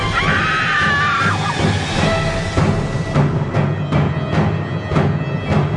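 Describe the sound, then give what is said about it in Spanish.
A woman in bed, waking face to face with a ghostly figure, lets out a loud, high-pitched scream of terror lasting about a second, followed by a steady series of sharp, percussive crashing hits over a dense, rumbling background. “al encontrarse allí cara a cara con ese cuerpo fantasmal, lanzó un fuerte grito de espanto.”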